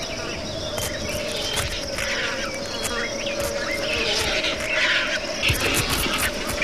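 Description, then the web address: Vultures feeding: scratchy squeals and hoarse hisses overlap in a busy squabble, with sharp clicks and scuffling and a constant low hum beneath. Several vultures feeding. "Hollywood Edge horror sounds Vultures Feeding"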